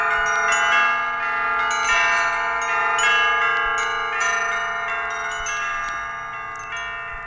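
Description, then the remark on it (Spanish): The bells of a village church, along with other bells, peal continuously, several overlapping strikes ringing out with sustained, shimmering metallic tones and rich harmonics, loud and steady throughout with no voices. “No tardaban los de Tundelatapa en echar a vuelo las campanas de la iglesia, más otras campanas que habían adquirido y que ya no sabían dónde colgarlas.”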